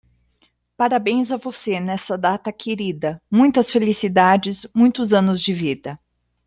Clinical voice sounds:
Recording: short text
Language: Brazilian Portuguese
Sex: female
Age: 50 to 59 years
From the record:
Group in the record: control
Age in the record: 55 years

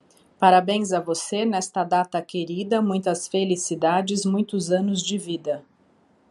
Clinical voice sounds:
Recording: short text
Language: Brazilian Portuguese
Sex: female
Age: 40 to 49 years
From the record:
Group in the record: control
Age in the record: 47 years

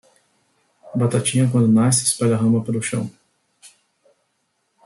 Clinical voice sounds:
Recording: short text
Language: Brazilian Portuguese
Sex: male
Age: 40 to 49 years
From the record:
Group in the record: control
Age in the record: 46 years

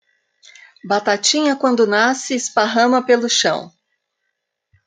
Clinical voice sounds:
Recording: short text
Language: Brazilian Portuguese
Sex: female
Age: 60 to 69 years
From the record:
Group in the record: control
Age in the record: 60 years

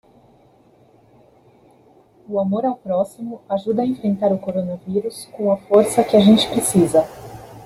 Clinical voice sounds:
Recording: spoken sentence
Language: Brazilian Portuguese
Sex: female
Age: 30 to 39 years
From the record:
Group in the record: control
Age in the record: 34 years

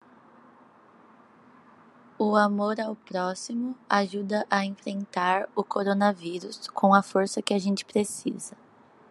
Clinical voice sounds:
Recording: spoken sentence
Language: Brazilian Portuguese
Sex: female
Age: 20 to 29 years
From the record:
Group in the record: control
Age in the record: 21 years

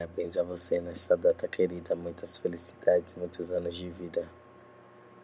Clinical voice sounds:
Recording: short text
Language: Brazilian Portuguese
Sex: male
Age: 20 to 29 years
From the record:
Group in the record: control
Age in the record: 23 years

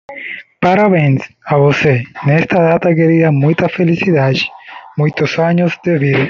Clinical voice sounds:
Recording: short text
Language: Brazilian Portuguese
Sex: male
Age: 20 to 29 years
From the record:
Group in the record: control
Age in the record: 29 years

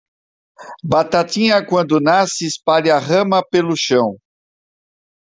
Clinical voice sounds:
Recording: short text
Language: Brazilian Portuguese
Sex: male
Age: 60 to 69 years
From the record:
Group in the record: control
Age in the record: 60 years

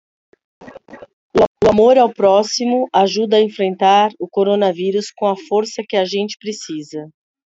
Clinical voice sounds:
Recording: spoken sentence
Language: Brazilian Portuguese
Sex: female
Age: 50 to 59 years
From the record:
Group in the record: control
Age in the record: 52 years

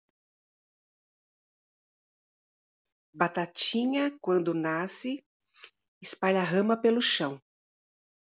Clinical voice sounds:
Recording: short text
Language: Brazilian Portuguese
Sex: female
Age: 50 to 59 years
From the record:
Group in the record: control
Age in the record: 59 years

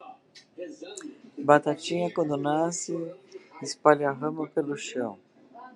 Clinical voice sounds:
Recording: short text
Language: Brazilian Portuguese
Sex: female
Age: 60 to 69 years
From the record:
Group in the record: control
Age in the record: 65 years

